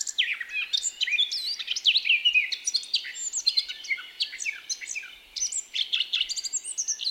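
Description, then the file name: Eurasian blackcap song, quick chattering phrases mixed with bright rising and falling whistles, briefly quieter before resuming. "Sylvia atricapilla"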